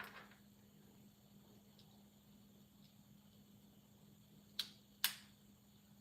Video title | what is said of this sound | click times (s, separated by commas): Rico DIY is live! | and snap into place. | 4.6 s, 5.0 s